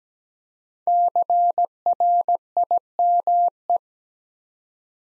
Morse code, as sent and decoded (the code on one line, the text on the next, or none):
-.-. .-. .. -- .
CRIME